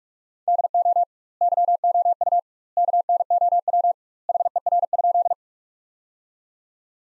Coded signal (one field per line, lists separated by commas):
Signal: Morse code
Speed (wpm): 46 wpm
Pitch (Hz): 700 Hz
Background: none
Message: DO YOU KNOW HER?